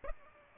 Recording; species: mosquito wingbeat signal from an infrared sensor; Aedes aegypti